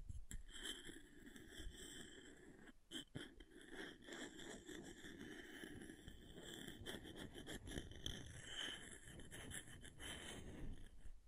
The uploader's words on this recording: ASMR Brain Melting Object Scratching (No Talking).